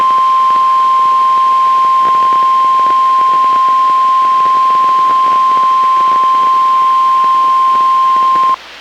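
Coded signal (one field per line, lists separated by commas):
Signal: Emergency Alert System (SAME) tones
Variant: 1050 Hz attention tone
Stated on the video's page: NOAA Weather Radio Required Weekly Test relayed by a backup weather radio station, received on a Midland WR-120EZ weather radio.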